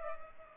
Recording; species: mosquito wingbeat signal from an infrared sensor; Culex pipiens